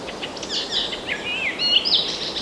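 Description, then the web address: Bird chirps and quick whistled slurs tumble together in a brief high burst over constant hiss. Forest birds. "مجموعه افکت صدا حیوانات SES Animals SFX Forest Birds"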